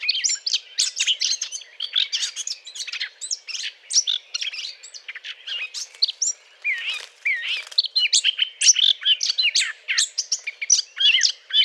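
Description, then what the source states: Eurasian blackcap courtship song: an energetic, rambling warble of high squeaks, chatters and brief whistles, steady throughout with only tiny breaks. Courtship song; recorded 20 April 2009.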